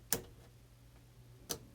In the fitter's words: Okay, it clicked.